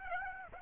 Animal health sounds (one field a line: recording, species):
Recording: mosquito wingbeat signal from an infrared sensor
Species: Aedes aegypti